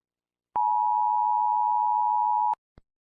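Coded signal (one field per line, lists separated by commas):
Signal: Emergency Alert System (SAME) tones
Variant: 853 and 960 Hz attention tone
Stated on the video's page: Fictional EAS scenario tornado warning, simulated.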